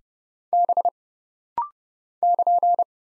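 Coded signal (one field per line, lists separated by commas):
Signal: Morse code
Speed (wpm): 30 wpm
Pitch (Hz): 700 Hz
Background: none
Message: B <KN>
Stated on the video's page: Rapid-fire Morse practice at 30 wpm of single letters, numbers, punctuation and prosigns, each sent, spoken, then sent again.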